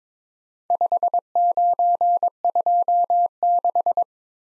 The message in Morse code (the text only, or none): 5926